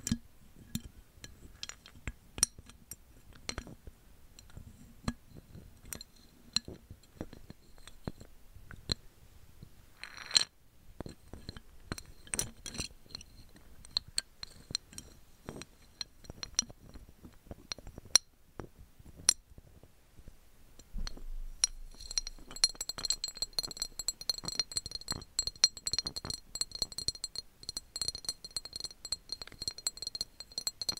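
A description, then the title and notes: Microphone triggers: sharp taps, clicks and glassy clinks scattered irregularly, with a brief ringing scrape near ten seconds. From about twenty-one seconds a denser, louder crackling and scratching sets in and continues to the end. ASMR Intense Bare Mic Triggers.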